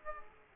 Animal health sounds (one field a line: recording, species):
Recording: mosquito wingbeat signal from an infrared sensor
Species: Aedes aegypti